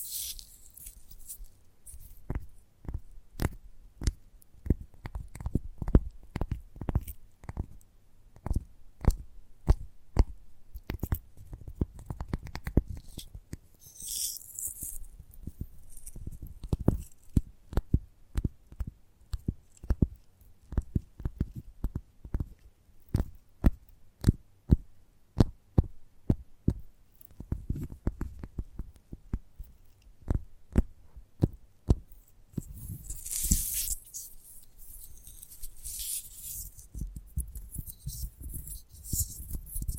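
Gentle tapping goes on for the whole stretch, a quick, uneven run of soft, dull knocks, sometimes bunching into brisk flurries. Around 14 seconds and again near 33–36 seconds, a brighter hissy rustle rises behind the taps.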